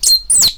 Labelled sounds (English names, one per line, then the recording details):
Stitchbird song
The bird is a male
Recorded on Tiritiri Matangi Island, New Zealand, in 2005
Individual 8, of nest box 10